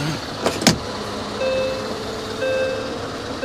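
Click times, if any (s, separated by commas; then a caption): 0.7 s. As a vehicle is shunted, the coupling or latch between it and the attached unit engages with one sharp metallic hit at 0.7 s, just after a softer knock. Brief tonal whines follow over steady background noise, and the coupling has seated.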